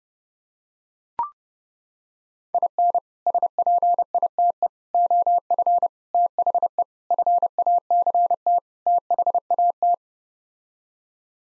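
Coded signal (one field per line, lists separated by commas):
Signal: Morse code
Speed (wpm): 32 wpm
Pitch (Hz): 700 Hz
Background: none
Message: IN SPITE OF THE FACT THAT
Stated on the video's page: Morse code head-copy drill sending sets of six common English words at 30 wpm, each set sent twice.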